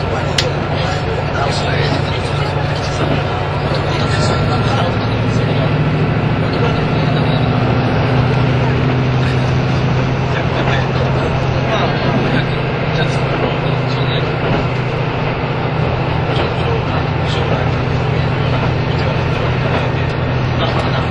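A KiHa 85 diesel train on the Hida 01 service rumbles steadily with a deep, even engine drone, voices murmuring over it throughout.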